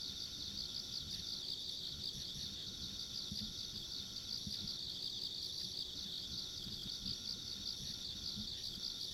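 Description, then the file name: Many insects calling together in a constant, shrill, sizzling drone with a thin higher whine, backed by gentle low rumbling. Ambient insect sounds along a rural country road. "田舎道の虫の環境音"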